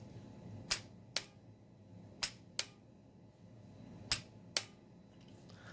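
A vintage SkyWay Precision Tool 3/8" click-type aircraft torque wrench is pulled to its set torque three times, breaking over each time with a sharp, solid, definitive mechanical click at 1.2, 2.6 and 4.6 seconds. Each click comes about half a second after a slightly softer snap at 0.7, 2.2 and 4.1 seconds, over a quiet low hum.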